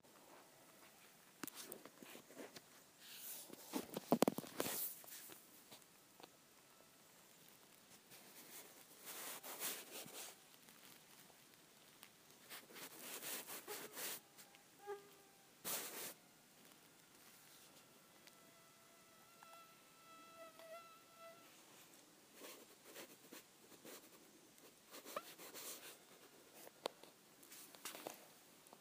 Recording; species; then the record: mosquito flight sound by mobile phone; Aedes sierrensis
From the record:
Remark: two mosquitoes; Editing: field recording with all noises